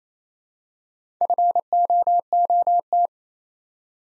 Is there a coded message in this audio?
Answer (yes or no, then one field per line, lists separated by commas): yes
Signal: Morse code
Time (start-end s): 1.2-3.1 s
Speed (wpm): 28 wpm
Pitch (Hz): 700 Hz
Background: none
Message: FOOT